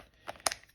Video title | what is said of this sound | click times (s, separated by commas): Milwaukee drill driver review 2505-22 M12 | and you lock it on and that's it | 0.5 s